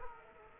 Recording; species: mosquito wingbeat signal from an infrared sensor; Culex quinquefasciatus